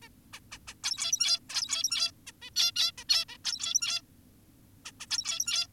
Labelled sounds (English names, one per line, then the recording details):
Zebra Finch
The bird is an adult
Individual g17y2U